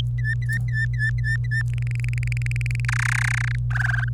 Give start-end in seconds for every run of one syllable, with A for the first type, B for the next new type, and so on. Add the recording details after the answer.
0.18-1.62 A, 1.73-2.85 B, 2.88-3.55 C, 3.71-4.09 D. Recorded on 25 April 2018 at 16:44. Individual llb3